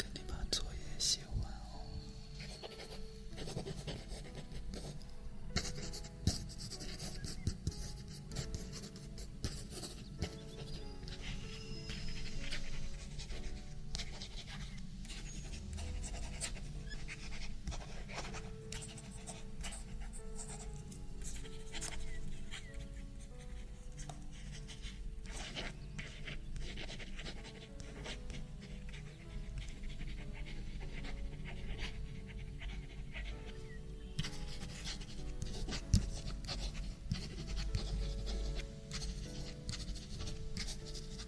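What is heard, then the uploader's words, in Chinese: A mix of writing and page turning over a steady low hum like a massager running throughout. Sparse, bright scratches and rustles come every few seconds, with soft tonal notes like a music box drifting in the middle range. 翻书。音乐盒。按摩仪。写字。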